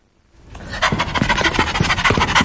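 Heavy, rapid panting breaths repeat in a steady rhythm, each breath a broad, raspy burst of air, loud and continuous after a brief quiet start.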